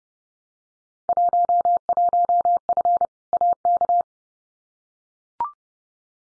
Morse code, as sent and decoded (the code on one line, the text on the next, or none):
.---- .---- ..-. / .- -.-
11F AK